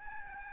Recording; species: mosquito wingbeat signal from an infrared sensor; Aedes albopictus